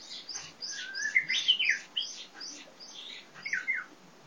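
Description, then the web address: Japanese bush warbler giving a rapid run of high, sliding notes, about three a second. Song rendered as hokekyo; dated 150223. "kiracladays 150223 hokekyor"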